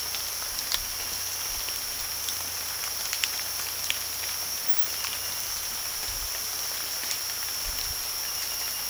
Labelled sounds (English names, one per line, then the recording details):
none
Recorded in pastures near Puerto Asís, Putumayo, Colombia, on 8 March 2025 at 03:00
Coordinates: 0.497, -76.327
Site G072